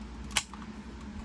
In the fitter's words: All right, so let's get that back in there. Should just slide in and snap into place.